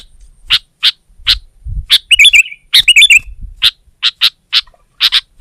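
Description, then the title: Sooty-headed bulbul gives spaced sharp chirps, broken twice by a short fluty warbled phrase. "kutilang"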